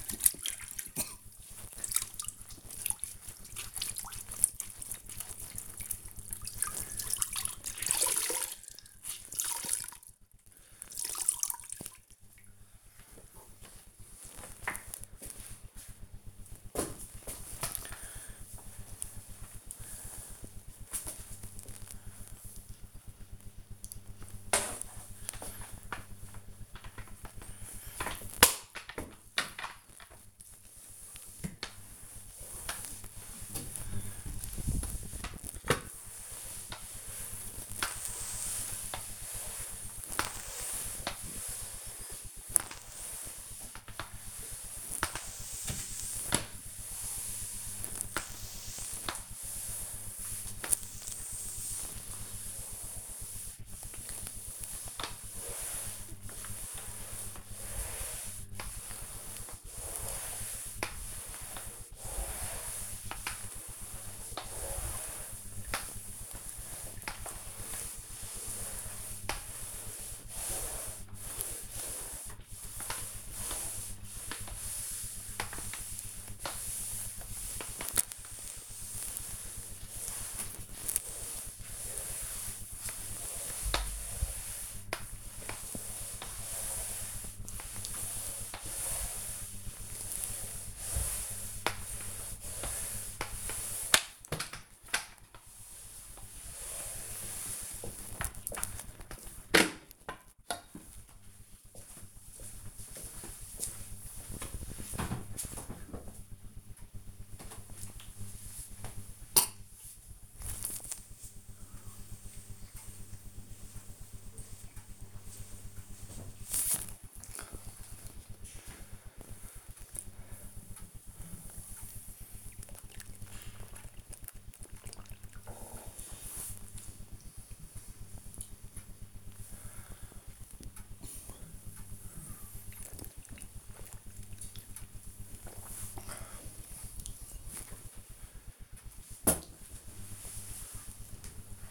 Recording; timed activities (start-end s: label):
household activities, microphone on the right wrist
0.00-98.28 s: floor cleaning
106.33-136.49 s: drinking